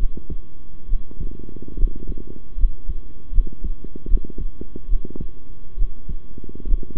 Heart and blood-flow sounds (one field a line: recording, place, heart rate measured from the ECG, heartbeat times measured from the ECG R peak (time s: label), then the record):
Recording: heart sounds by stethoscope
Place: between the tricuspid and mitral areas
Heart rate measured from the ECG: 73 bpm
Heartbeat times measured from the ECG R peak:
0.88 s: heartbeat
1.77 s: heartbeat
2.57 s: heartbeat
3.32 s: heartbeat
4.07 s: heartbeat
4.88 s: heartbeat
5.77 s: heartbeat
6.66 s: heartbeat
From the record:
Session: rest, sitting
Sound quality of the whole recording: good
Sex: male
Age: 23 years